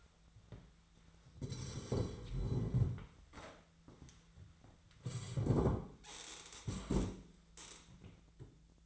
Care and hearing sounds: daily activity, microphone in the room; sit down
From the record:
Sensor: 3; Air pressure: 1008.0 hPa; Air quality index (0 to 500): 191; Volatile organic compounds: 14 ppm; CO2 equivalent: 2447 ppm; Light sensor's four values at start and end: 11/27/11/11 and 11/26/11/11

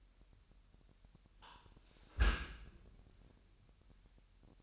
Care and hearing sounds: daily activity, microphone in the room; close dishwasher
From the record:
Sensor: 2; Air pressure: 998.2 hPa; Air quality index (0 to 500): 148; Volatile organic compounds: 4 ppm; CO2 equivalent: 1669 ppm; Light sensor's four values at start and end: 10/30/12/11 and 10/30/12/11

